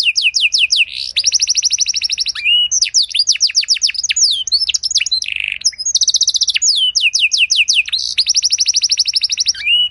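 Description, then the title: Canary delivering long rolling trills, fast rattling note series and a few buzzy tones, almost without pause. Belgian canary song with luxurious, ornate phrasing, played to warm up other canaries so they answer with long singing. "Canto Para Esquentar Canário Belga. Suara Burung Kenari Lagu dan Cengkok Mewah Buat Kenari Lain Bakal Langsung Nyaut Gacor Panjang"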